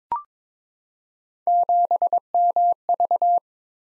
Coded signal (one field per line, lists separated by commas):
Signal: Morse code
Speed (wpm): 22 wpm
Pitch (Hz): 700 Hz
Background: none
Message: 7MV